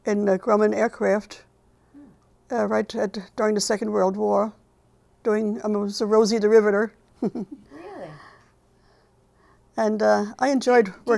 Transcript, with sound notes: in Grumman Aircraft, in, right during the second world war, doing, I was a Rosie the Riveter. (she chuckles)
Really?
And I enjoyed working...